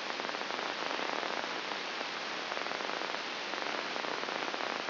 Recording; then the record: brain microelectrode recording played as sound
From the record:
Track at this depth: outside the subthalamic nucleus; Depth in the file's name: 7.86 mm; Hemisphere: left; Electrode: 2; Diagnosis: Parkinson's disease